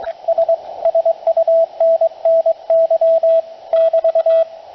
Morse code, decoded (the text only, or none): S SUNNY <BT>